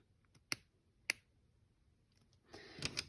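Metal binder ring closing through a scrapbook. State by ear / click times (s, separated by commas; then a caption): seated / 0.5 s, 1.1 s. A metal loose-leaf binder ring is threaded through a scrapbook's holes and pressed shut, giving sharp clicks at 0.5 s and 1.1 s that mark the ring snapping closed. A softer rustling and clicking stretch follows from about 2.5 s to the end.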